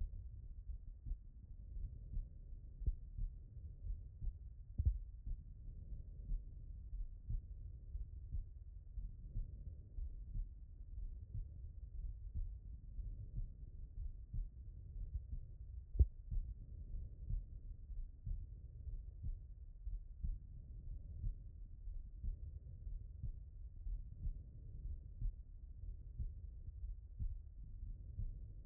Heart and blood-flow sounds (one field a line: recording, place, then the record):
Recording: heart sounds by stethoscope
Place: pulmonary valve (PV)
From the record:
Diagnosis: non-HFrEF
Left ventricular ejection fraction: 60%